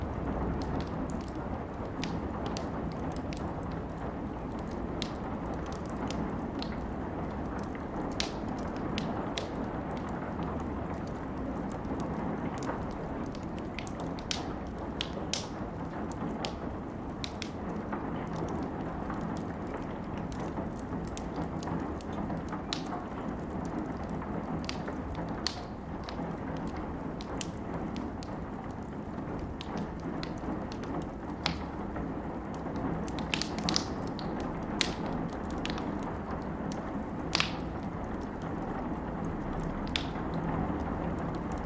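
A campfire burns with a steady low rumble underneath, like wind, that holds level throughout. Sharp crackles and pops break out irregularly over the whole stretch, a few per second at times, with a busier cluster of bright snaps around the 33 to 37 second mark.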